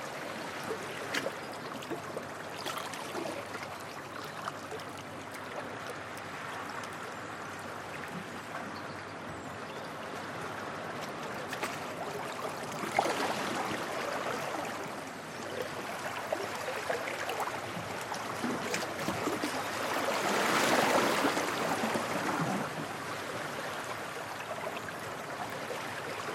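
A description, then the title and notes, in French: A stream runs steadily through open country, its dense trickling swelling briefly near thirteen seconds and again, louder and brighter, around twenty. Cours d'eau qui ruisselle en pleine nature. Le ruissellement de l'eau.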